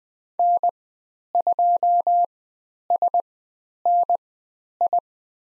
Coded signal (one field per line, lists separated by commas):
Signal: Morse code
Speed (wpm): 20 wpm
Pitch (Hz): 700 Hz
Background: none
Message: N2SNI